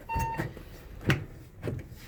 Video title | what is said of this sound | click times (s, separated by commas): Sunquest/Sunvision Bench Acrylic Removal and Installation | push in to get that into the suction groove, work your way down until it locks | 1.1 s